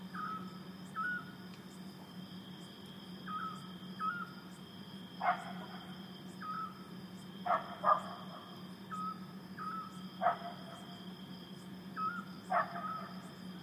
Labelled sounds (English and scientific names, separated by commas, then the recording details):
Eurasian Scops Owl (Otus scops)
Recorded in the wild
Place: Vasilikos, Zakynthos, Ionien Islands, GR
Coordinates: 37.7175, 20.9817
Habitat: olive grove
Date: 2012-07-05
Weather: 25°C, clear, almost windless
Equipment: Sound Devices 702, Sennheiser MKH 415 T, Rhode Windschutz
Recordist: Frommolt, Karl-Heinz